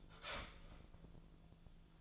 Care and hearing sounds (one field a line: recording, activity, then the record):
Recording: daily activity, microphone in the room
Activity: start toaster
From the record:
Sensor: 5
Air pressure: 1009.3 hPa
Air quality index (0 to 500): 167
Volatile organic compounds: 4 ppm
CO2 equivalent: 1615 ppm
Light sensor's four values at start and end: 88/234/95/100 and 88/235/95/100